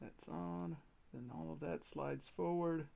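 A sliding plastic kit section on the frame of an MG 1/100 V2 Assault Buster Ver. Ka model is being handled and slid forward while someone talks. Nothing has seated or clicked yet; the part has not locked into place by the end of the clip.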